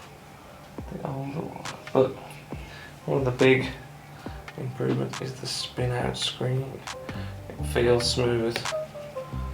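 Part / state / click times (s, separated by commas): flip-out screen on a camera gimbal handle / not seated / none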